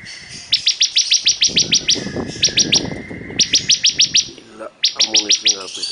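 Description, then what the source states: Bar-winged prinia song of rapid, repeated high chips in several bursts, with a steady thin whistle beneath and a lower, rustling chatter. Singing vigorously (gacor).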